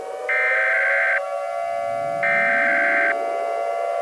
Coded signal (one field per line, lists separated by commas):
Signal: Emergency Alert System (SAME) tones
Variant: header bursts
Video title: The EAS Scenario: Tornado of the Severe Threats.